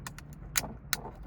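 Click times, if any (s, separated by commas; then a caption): 0.6 s, 0.9 s. While installing a Beat Sonic front-facing camera on a 2021–2025 Toyota Sienna minivan, the camera harness connector is pushed together into its mating plug. A couple of faint ticks come first, then two loud sharp clicks at about 0.6 s and 0.9 s as the connector locks into place.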